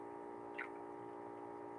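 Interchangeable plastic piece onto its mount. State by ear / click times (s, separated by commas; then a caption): not seated / none. An interchangeable plastic piece, which can lock in any of three positions, is handled as it is brought onto its mount. A short, soft rustle at about 0.6 s is heard over a steady tonal hum. Nothing has seated or clicked into place yet.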